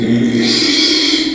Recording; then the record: squeal of a Yucatan mini pig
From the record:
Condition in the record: after surgery on the right vocal fold (resection and tissue-engineered implant); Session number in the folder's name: 2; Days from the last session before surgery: 13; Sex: male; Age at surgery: 12 weeks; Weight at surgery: 13 kg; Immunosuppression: cyclosporine, prednisolone